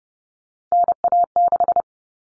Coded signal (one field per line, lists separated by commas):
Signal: Morse code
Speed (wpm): 30 wpm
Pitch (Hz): 700 Hz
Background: none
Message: NA6